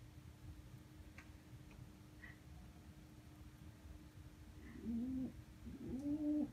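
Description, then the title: Dove cooing twice near the end, low hooked notes after a quiet stretch with faint hum and a steady tone. Dove with an abnormal nervous system after an overdose; its crowing startles another dove. "Let's see the style of the bird crowing."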